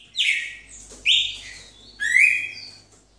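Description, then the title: Red-cowled cardinal song: three loud whistled phrases, each a bright slurred note falling or rising, spaced about one second apart, with a faint steady hum underneath. "Galo de Campina"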